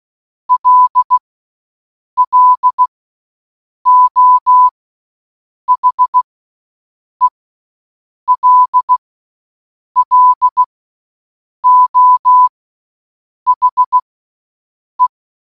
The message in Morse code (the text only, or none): LLO HELLO HE